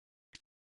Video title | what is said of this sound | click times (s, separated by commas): STREAMLIGHT TLR-1 HL-X 69500 | and then you're going to push that LED back on. You're going to clearly feel and hear a click, | 0.3 s